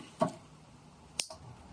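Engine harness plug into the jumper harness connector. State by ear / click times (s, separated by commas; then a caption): seated / 1.2 s. On a 2011 Honda CR-Z with a K20Z3 engine swap, the engine-side plug of the swap jumper harness, keyed with alignment tabs, is pushed into its mating connector. A softer handling sound comes at about 0.2 s, then a sharp locking-tab click at 1.2 s. The connector is fully seated.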